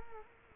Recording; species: mosquito wingbeat signal from an infrared sensor; Culex quinquefasciatus